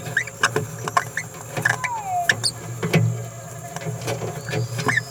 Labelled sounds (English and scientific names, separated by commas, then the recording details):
Green-rumped Parrotlet (Forpus passerinus) babbling
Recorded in a nest box in Venezuela
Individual 18B17A4